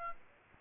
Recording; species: mosquito wingbeat signal from an infrared sensor; Aedes aegypti